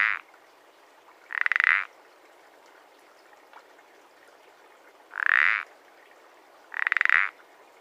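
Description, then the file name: Common parsley frog croaking in short, rasping bursts, about four calls spaced unevenly, with low steady hiss behind. "pelodyte-ponctué"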